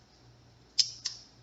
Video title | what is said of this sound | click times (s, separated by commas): Changing my infusion site for the first time! | And I just pull back till it clicks, | 1.1 s